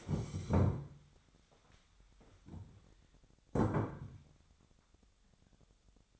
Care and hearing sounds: daily activity, microphone in the room; stand up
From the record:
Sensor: 3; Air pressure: 1015.2 hPa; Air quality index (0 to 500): 140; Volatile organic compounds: 7 ppm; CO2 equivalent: 1980 ppm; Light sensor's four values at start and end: 15/38/15/16 and 15/38/15/16

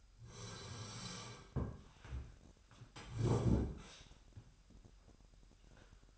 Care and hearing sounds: daily activity, microphone in the room; sit down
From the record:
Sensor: 2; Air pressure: 998.4 hPa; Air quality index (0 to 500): 130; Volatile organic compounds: 3 ppm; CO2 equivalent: 1476 ppm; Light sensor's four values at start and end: 11/26/11/12 and 11/26/11/12

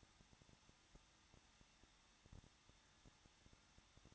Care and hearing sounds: daily activity, microphone in the room; no activity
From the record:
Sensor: 3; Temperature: 21.2 degrees Celsius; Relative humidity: 36.4%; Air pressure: 1006.3 hPa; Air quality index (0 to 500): 222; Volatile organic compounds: 42 ppm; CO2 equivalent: 3177 ppm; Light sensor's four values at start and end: 2/3/2/2 and 2/3/2/2

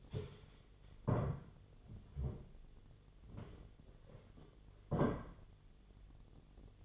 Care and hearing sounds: daily activity, microphone in the room; stand up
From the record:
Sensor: 4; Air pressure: 1008.8 hPa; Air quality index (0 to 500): 171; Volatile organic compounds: 5 ppm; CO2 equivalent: 1715 ppm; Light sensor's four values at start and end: 23/73/28/26 and 23/73/28/26

